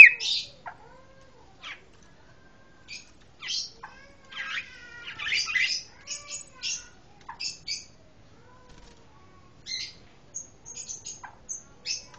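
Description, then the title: Pancawarna calls: scattered short, high chirps and brief squeaky notes, irregularly spaced with quiet gaps between them. Song praised for its strong 'tembakan' (bursting delivery). "Pancawarna mantab tembakane"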